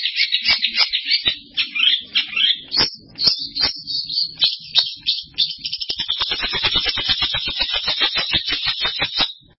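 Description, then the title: Bird chattering in rapid, dry, clicking notes, broken by a few high squeaky chirps, then a fast steady rattle-like burst toward the end. "burung online"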